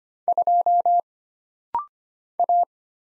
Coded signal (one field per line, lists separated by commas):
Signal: Morse code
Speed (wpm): 25 wpm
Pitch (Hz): 700 Hz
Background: none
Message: 2 A